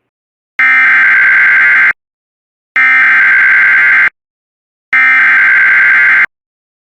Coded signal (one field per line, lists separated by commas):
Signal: Emergency Alert System (SAME) tones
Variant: header bursts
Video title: SVR for parts of Mississippi (EAS 161)